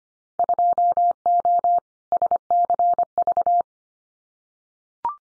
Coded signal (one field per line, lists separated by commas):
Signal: Morse code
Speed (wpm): 25 wpm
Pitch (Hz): 700 Hz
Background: none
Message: 2O SCV